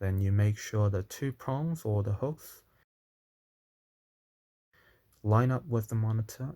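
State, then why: Not seated. A Dell S2721DGF monitor stand bracket has its two prongs or hooks lined up with the mounting recess on the back of the plastic monitor before being pushed home into the rear mount. Someone talks, pauses in near-silence from about 2.8 to 5.1 seconds, then a faint hit comes at 5.1 seconds before the talking resumes. Nothing has seated or clicked yet.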